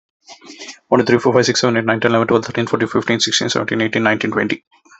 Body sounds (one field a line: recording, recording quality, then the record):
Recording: counting at a fast pace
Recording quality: excellent, no background noise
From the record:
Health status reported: healthy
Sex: male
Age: 40 years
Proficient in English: yes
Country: India